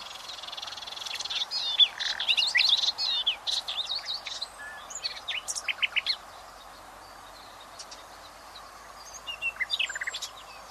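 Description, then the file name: Common nightingale song: a long, varied phrase of rapid chattering notes, buzzes and whistles, falling silent midway, then a brief final burst of notes. "Luscinia megarhynchos"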